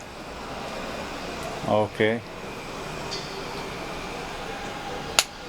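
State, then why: Torque reached. A flaring tool's feed screw is turned down into a copper pipe to form a flare, and someone talks briefly. At 5.2 s a sharp click from the tool's clutch signals that the flare is complete.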